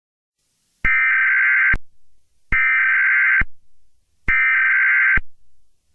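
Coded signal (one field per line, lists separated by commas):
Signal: Emergency Alert System (SAME) tones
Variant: header bursts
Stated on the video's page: Fictional EAS scenario.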